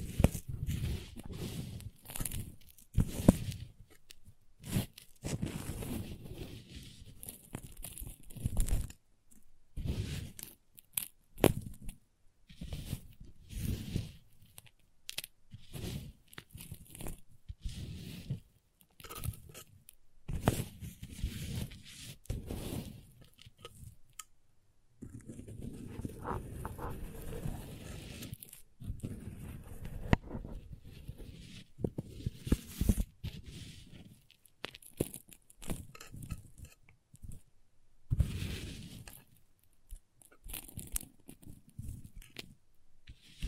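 Crayons being handled, tapped and carved, with irregular crunchy scrapes and short snapping strokes that start and stop every second or so. The sounds are dry and gritty, strongest in the low range, with brief quiet gaps and a denser scraping stretch around 25–30 seconds.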